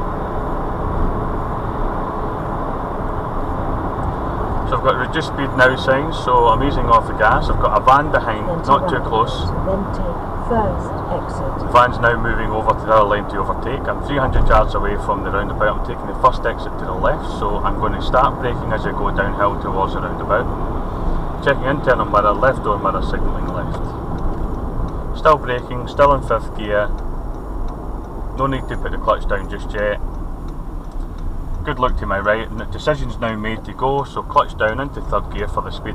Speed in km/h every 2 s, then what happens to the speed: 93, 93, 92, 90, 85, 79, 76, 72, 68, 64, 61, 55, 48, 44, 35, 27, 27, 27.
0-6 steady at about 92. 6-30 slows to 27. 30-36 steady at about 27.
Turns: none.